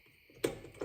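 A metal retaining clip is slid onto the hand crank pin, which has been pushed through the holes on a wall-mount hose reel mount, to hold it in place. A sharp click at 0.4 s marks the clip seating, followed by a softer tick at 0.8 s. The clip is seated.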